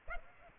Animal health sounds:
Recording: mosquito wingbeat signal from an infrared sensor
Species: Aedes aegypti

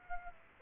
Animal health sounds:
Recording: mosquito wingbeat signal from an infrared sensor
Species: Aedes aegypti

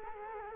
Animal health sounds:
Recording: mosquito wingbeat signal from an infrared sensor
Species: Culex quinquefasciatus

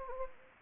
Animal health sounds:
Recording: mosquito wingbeat signal from an infrared sensor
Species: Anopheles gambiae

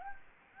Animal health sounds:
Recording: mosquito wingbeat signal from an infrared sensor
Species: Anopheles gambiae

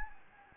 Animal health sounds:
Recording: mosquito wingbeat signal from an infrared sensor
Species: Anopheles gambiae

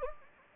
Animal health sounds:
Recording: mosquito wingbeat signal from an infrared sensor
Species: Anopheles gambiae

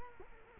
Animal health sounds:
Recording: mosquito wingbeat signal from an infrared sensor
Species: Culex quinquefasciatus

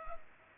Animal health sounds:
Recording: mosquito wingbeat signal from an infrared sensor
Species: Culex pipiens

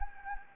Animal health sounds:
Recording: mosquito wingbeat signal from an infrared sensor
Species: Anopheles gambiae

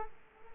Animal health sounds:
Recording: mosquito wingbeat signal from an infrared sensor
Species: Culex quinquefasciatus

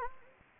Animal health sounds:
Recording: mosquito wingbeat signal from an infrared sensor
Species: Anopheles gambiae

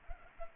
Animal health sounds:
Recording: mosquito wingbeat signal from an infrared sensor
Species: Culex pipiens

